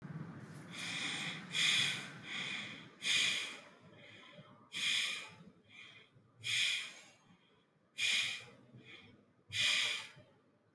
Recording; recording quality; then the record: shallow breathing; excellent, no background noise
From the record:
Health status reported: recovered from COVID-19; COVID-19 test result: positive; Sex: male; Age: 22 years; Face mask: not worn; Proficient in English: yes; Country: India